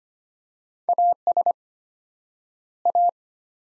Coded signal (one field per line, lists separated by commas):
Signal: Morse code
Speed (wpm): 25 wpm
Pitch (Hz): 700 Hz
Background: none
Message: AS A